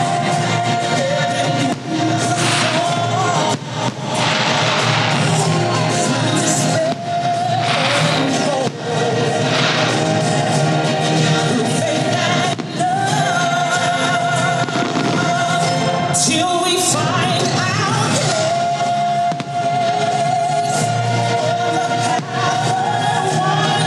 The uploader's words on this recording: Disneyland Forever fireworks as heard from Small World Mall. Unfortunately my levels were a little high on the recording.